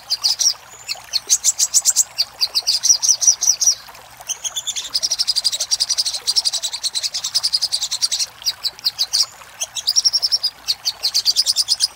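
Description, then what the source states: Little spiderhunter song: long stretches of rapid, high, sharp chips merging into dense trills, separated by brief gaps. Master recording for training cage birds, titled Labaik.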